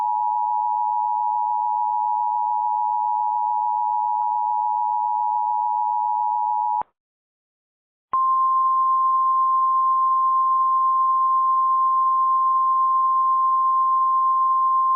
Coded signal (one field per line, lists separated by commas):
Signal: Emergency Alert System (SAME) tones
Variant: 853 and 960 Hz attention tone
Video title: EAS Recreation (05/31/13): El Reno OK Tornado Emergency